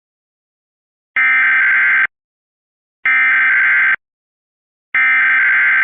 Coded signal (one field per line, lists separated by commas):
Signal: Emergency Alert System (SAME) tones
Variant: header bursts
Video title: EAS Maryland Required Weekly Test with voice change (EAS #95)